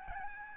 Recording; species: mosquito wingbeat signal from an infrared sensor; Aedes albopictus